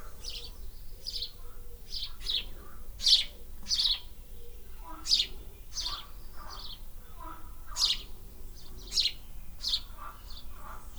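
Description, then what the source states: Swallow calls: a dense run of short, sharp chirps. Nest in an air vent.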